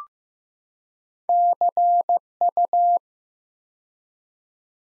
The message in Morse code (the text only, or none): CU